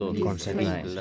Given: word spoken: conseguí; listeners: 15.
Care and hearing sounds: one Spanish word in noise, from a listening test; four-talker babble; -1.7 dB; 0 of 15; 8 of 15; 0.61 s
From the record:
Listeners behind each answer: 8, 2, 1, 1, 1, 1, 1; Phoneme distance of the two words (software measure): 7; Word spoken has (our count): 3 syllables, 7 phonemes, stress on syllable 3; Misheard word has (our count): 3 syllables, 8 phonemes, stress on syllable 3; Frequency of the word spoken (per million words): 4.55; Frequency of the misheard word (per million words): 90.92

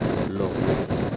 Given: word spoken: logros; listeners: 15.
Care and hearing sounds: one Spanish word in noise, from a listening test; noise modulated by three-talker babble; -7.9 dB; 3 of 15; 6 of 15; 0.76 s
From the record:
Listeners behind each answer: 6, 3, 2, 1, 1, 1, 1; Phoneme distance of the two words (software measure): 17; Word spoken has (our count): 2 syllables, 6 phonemes, stress on syllable 1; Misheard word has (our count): 2 syllables, 5 phonemes, stress on syllable 1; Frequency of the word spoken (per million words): 16.03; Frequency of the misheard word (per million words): 7.56

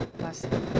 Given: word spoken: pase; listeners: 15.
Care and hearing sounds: one Spanish word in noise, from a listening test; noise modulated by one talker; -9.3 dB; 1 of 15; 7 of 15; 0.40 s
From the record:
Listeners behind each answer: 7, 1, 1, 1, 1, 1, 1, 1, 1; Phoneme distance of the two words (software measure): 10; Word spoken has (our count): 2 syllables, 4 phonemes, stress on syllable 1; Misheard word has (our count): 2 syllables, 4 phonemes, stress on syllable 1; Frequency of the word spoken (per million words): 38.86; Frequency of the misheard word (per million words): 154.05

